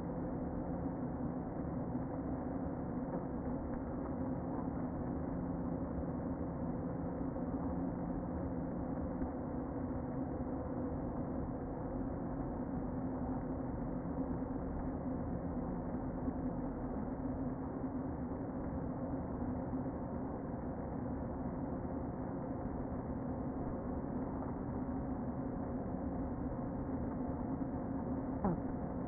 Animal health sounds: honeybee colony, microphone inside the hive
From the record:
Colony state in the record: queen present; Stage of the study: before two queens were removed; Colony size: about 60,000 bees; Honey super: yes

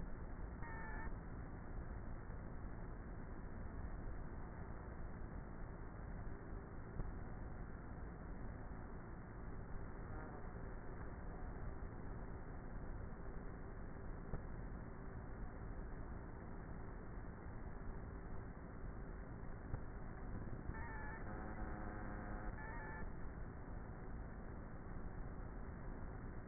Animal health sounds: honeybee colony, microphone inside the hive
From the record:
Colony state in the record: queenless with a low population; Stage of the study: before two queens were removed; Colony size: about 30,000 bees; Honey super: no

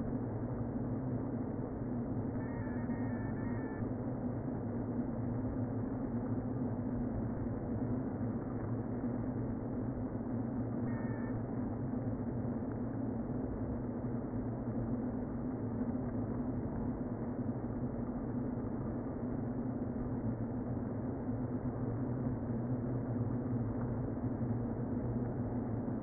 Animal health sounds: honeybee colony, microphone inside the hive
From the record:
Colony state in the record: queen present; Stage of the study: before two queens were removed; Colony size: about 60,000 bees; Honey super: yes

